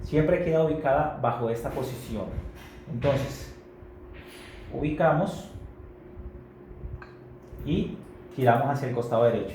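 Someone talks while an expiratory valve is positioned on the valve port of a Siriusmed R30–R50 ventilator, before being turned to the right to lock it. The valve has not yet locked and no click has been heard.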